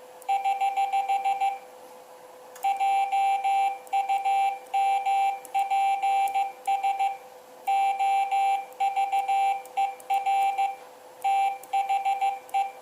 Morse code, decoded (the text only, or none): <HH> JUMPS OVER THE